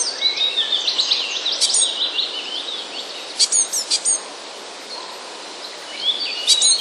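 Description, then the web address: Eurasian blue tit song: a high, wavering trill, then a few sharp clicking chips and a short rising phrase at the end, over steady hiss. "wroblowe teka spiew. modraszkoteka"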